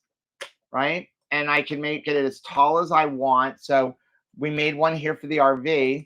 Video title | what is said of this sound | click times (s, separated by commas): Uncovering The Truth: Are Pork Rinds Secretly Packed With Dextrose? - Keto Beyond the Couch ep 282 | it's got lock into place | 0.4 s